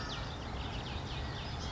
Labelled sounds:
Western Flycatcher
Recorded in Sonoma County, California

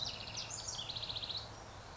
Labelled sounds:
House Wren
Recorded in Sonoma County, California

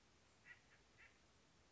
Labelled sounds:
Acorn Woodpecker
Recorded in Sonoma County, California

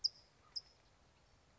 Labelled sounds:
California Towhee
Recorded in Sonoma County, California

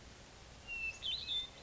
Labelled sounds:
Hermit Thrush
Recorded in Sonoma County, California

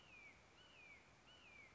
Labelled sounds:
Red-shouldered Hawk
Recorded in Sonoma County, California

